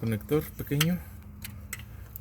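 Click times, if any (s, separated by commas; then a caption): 1.7 s. After the alternator is refitted on a 2012 Chevrolet Sonic, a small electrical wiring connector is pushed into its socket on the alternator. Someone talks at first, then quiet handling gives way to a sharp click at 1.7 s as the connector seats.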